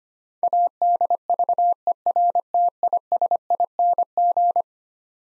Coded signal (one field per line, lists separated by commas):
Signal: Morse code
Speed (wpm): 25 wpm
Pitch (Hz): 700 Hz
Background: none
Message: ADVERTISING